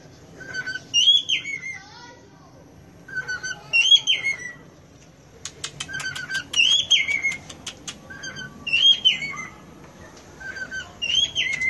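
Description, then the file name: Cockatiel whistled song: a short low note, then a rising-falling warble, repeated about every two to three seconds, with bursts of sharp clicking or wing flutter midway. "Canto da Calopsita"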